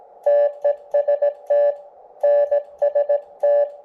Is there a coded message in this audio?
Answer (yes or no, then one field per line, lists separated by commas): yes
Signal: Morse code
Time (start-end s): 0.3-3.6 s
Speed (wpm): 17 wpm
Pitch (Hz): 580 Hz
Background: none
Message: TEST NST